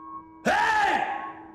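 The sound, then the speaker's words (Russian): A man lets out a single loud, harsh angry shout that bursts in suddenly after a moment of quiet, holding strained and raw for about a second before trailing off. “Он снова кричит.”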